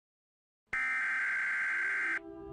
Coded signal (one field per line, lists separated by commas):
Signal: Emergency Alert System (SAME) tones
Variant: header bursts